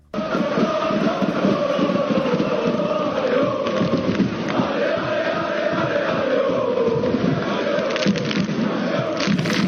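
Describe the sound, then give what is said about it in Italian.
A dense, roaring crowd of Paris Saint-Germain football fans celebrates outside the stadium after their team beats Borussia Dortmund, with continuous chanting and shouting at a steady loud level and scattered thumps and bangs throughout. “fuori da quello stadio l'inferno. C'è una baraonda di gente con Kurzawa, giocatore del Paris Saint-Germain, che si butta in mezzo ai tifosi”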